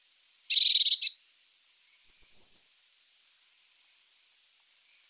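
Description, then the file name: Eurasian blue tit calls: a dense buzzy churring burst, then a quick series of thin high descending notes, with another note starting at the end. "Cyanistes caeruleus"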